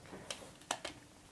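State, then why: Not seated. The rigid polycarbonate clamshell back of a Spigen Tough Armor case is handled against a Pixel 5 fitted with the rubbery TPU inner layer, ahead of being pressed on. Three short hard plastic ticks sound at about 0.3, 0.7 and 0.9 seconds against a quiet background. Nothing has seated or clicked into place yet.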